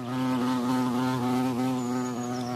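Bumblebee buzzing with a steady low drone, its pitch wavering slightly as the wings beat continuously.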